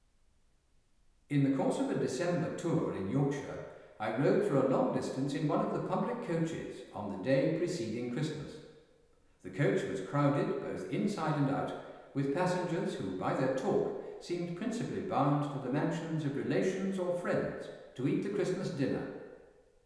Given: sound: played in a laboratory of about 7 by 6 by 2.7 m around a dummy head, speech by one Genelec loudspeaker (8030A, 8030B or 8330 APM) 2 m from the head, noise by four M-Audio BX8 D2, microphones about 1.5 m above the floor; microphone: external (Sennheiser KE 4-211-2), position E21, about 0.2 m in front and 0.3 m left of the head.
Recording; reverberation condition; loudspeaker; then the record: male speech in English; high; 60 degrees to the left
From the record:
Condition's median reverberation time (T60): about 1300 ms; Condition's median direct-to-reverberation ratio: about -4.0 dB